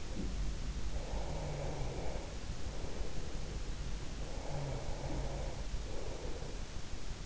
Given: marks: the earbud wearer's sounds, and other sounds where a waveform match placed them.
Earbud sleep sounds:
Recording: sounds in sleep by an in-ear microphone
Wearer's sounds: snoring breath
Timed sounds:
0.00-1.48 s: sound from someone else or the room
0.94-3.33 s: snoring breath
4.10-6.53 s: snoring breath

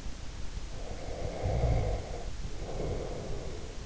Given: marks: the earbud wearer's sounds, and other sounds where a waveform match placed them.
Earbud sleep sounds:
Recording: sounds in sleep by an in-ear microphone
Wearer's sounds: snoring breath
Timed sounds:
0.72-3.67 s: snoring breath

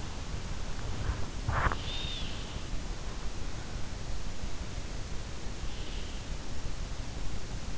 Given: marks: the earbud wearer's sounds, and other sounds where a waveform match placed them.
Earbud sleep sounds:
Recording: sounds in sleep by an in-ear microphone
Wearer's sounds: body movement, breath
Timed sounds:
0.87-1.98 s: body movement
1.57-2.38 s: breath

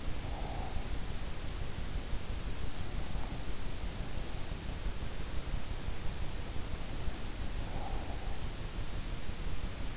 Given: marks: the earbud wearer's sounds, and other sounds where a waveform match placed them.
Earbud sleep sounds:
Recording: sounds in sleep by an in-ear microphone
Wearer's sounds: breath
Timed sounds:
0.00-1.32 s: breath
7.38-8.71 s: breath

